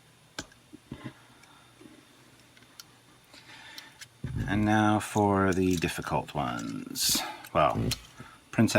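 A plastic front cover is popped back onto the body of a G Force / Gatchaman God Phoenix toy spaceship after the car is loaded inside, giving a sharp snap at 0.4 s. A few faint small clicks follow, then someone talks from about 4.3 s. The front cover seats back in place.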